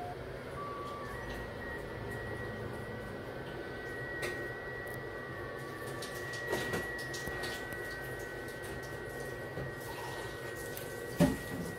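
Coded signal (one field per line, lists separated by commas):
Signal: FT8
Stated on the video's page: FT8 from an Icom IC-705 during setup and testing.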